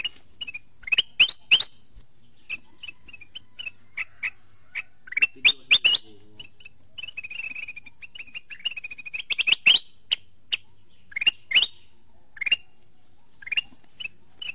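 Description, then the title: Sooty-headed bulbul calls: short whistled notes and quick rising slurs, often in bursts of two or three, mixed with sharp clicking sounds throughout. "Suara Burung Kutilang"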